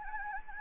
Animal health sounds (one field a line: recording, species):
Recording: mosquito wingbeat signal from an infrared sensor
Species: Anopheles gambiae